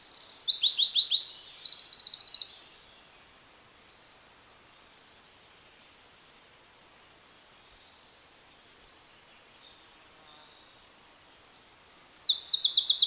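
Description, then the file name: Eurasian wren delivering two loud, high, trilling song bursts at the start and end, separated by about nine seconds of near silence. "Troglodytes troglodytes"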